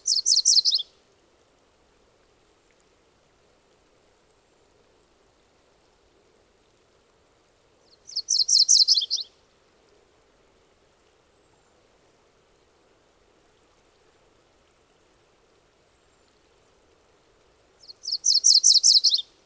MacGillivray's Warbler song recorded on the Cow Creek Trail in Rocky Mountain National Park.